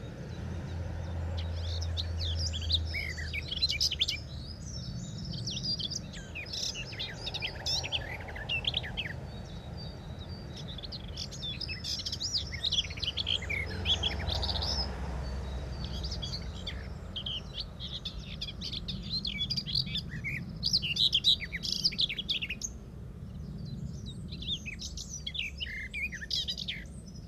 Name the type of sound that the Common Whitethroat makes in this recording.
song